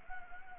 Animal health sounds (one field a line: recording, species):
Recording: mosquito wingbeat signal from an infrared sensor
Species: Anopheles gambiae